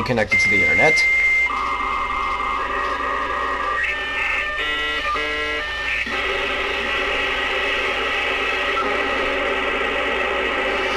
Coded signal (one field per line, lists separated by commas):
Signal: dial-up modem handshake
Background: speech